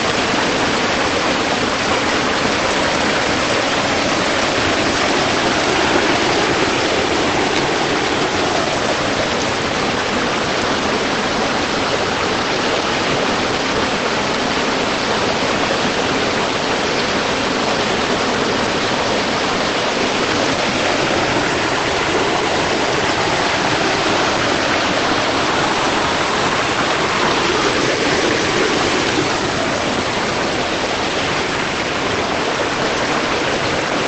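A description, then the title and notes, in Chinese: A small stream near Salamanca, Spain, runs steadily, its water rushing and splashing in a dense, unbroken wash. The sound stays bright and hissy throughout, with subtle shifts in the gurgling pattern but no distinct events standing out. 西班牙萨拉曼卡旁的一条小溪。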